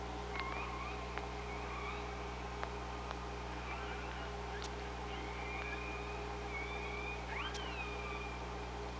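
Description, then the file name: Killer whale whistles and calls, long thin level tones and a sharply rising then falling call near seven seconds, with sparse clicks over underwater hum. Recorded on the OrcaLab hydrophone, 24 August 2017, 05:25:18. "Orca Lab UTLN 20170824 052518"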